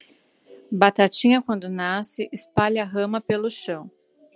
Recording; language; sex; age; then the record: short text; Brazilian Portuguese; female; 30 to 39 years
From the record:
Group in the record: control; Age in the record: 30 years